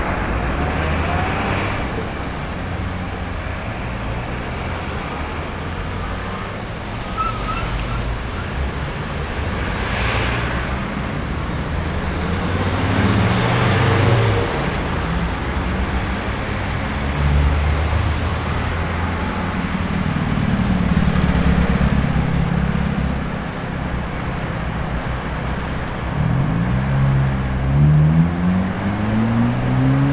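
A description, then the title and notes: Street-corner ambience with a constant low traffic rumble that never drops away. Vehicles pass every few seconds, their engines swelling and fading, with heavier passes around the middle and near the end, over a dense wash of road noise. Standing on the Corner in Your Hometown.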